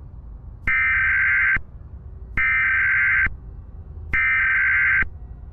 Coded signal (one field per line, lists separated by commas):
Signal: Emergency Alert System (SAME) tones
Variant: header bursts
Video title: You're listening to the radio... during a zombie apocalypse